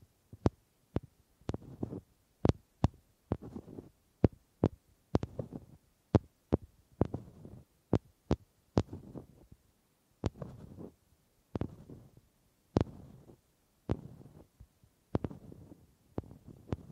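Sharp wooden clicks and taps sound in irregular clusters, often in quick pairs, each followed by a short low knock. The hits are crisp and bright at the start, with softer rubbing and handling sounds filling the brief gaps between them.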